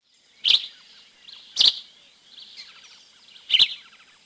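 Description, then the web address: Yellow-green vireo calls: three short, sharp chips one to two seconds apart, with soft twittering notes in the gaps. "Peterson North American Birds. ygvi"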